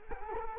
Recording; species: mosquito wingbeat signal from an infrared sensor; Culex quinquefasciatus